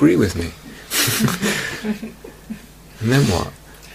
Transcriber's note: laughs